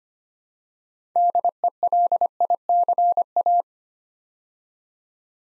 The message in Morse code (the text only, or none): DELICA